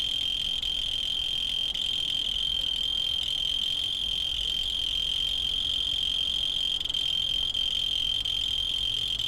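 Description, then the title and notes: Cricket calling in a steady, continuous high-pitched trill that holds one tone throughout, with no other clear sounds. Field recordings made in Tavira, Tangier, Lima and Bhubaneswar. "Grillo. grabaciones hechas en tavira, tangier, lima, bhubanshwar"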